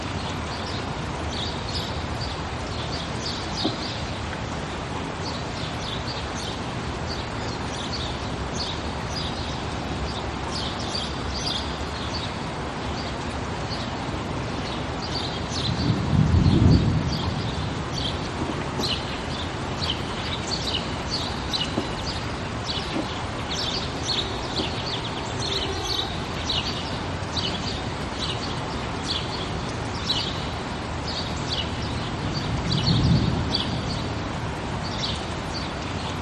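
Steady, dense rain hisses throughout, with sharper patters and drips ticking in the upper range. Thunder rolls in low around the middle and again near the end, each rumble swelling briefly before fading back under the rain.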